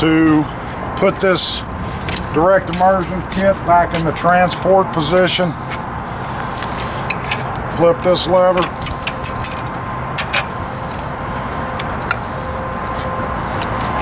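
Someone talks while handling the direct immersion kit arm on a Graco 833 paint sprayer, flipping a lever to bring the arm toward the transport position on the sprayer cart. A few short, sharp knocks ring out over a steady background hum. Nothing has seated or locked into place yet.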